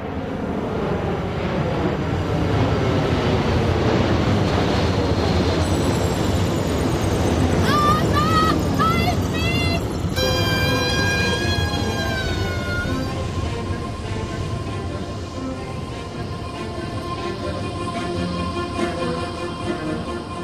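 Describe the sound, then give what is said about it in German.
A Boeing 747 jet airliner roars past in the sky, a loud, steady wall of engine noise with high whining turbine tones that slide downward in pitch midway through before the rumble carries on. “pflegten der Liebe, wie es sich gehört, und kamen erst vorübergehend damit zu Ende, als eine Boeing 747 plötzlich ihren Weg kreuzte.”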